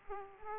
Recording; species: mosquito wingbeat signal from an infrared sensor; Aedes aegypti